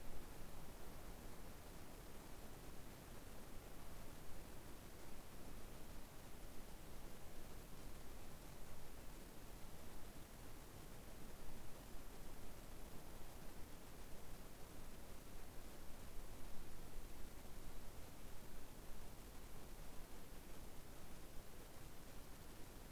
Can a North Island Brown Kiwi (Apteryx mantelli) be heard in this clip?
no